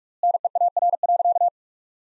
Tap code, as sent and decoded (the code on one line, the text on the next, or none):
none